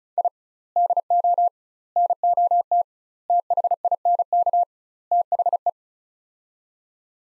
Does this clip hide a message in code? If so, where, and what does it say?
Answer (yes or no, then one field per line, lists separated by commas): yes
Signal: Morse code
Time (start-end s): 0.2-5.7 s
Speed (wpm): 36 wpm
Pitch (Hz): 700 Hz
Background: none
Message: I DO NOT THINK THE